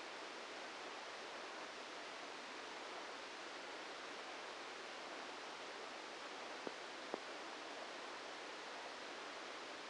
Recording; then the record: brain microelectrode recording played as sound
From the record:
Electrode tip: outside the subthalamic nucleus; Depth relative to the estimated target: 3 mm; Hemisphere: left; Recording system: NeuroSet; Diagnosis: Parkinson's disease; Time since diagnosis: 14 years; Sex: male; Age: 51 years